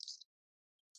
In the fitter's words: nice little click to securely place it so